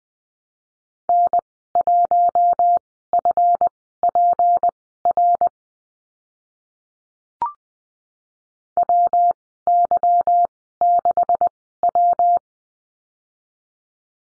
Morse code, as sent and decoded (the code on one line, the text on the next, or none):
-. .---- ..-. .--. .-. / .-- -.-- -.... .--
N1FPR WY6W